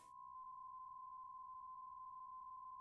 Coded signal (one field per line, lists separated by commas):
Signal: PSK63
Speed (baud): 62.5 baud